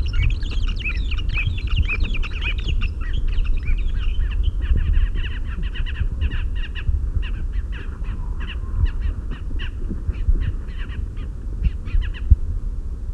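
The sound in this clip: Bird calls, a fast run of short dry chipping notes repeated throughout over a steady low rumble of background noise.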